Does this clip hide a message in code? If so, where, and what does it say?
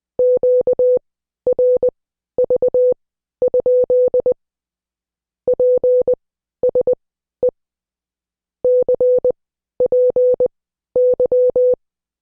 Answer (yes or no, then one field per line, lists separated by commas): yes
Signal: Morse code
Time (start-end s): 0.2-11.7 s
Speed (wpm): 20 wpm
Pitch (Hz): 500 Hz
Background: none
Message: QRV? PSE CPY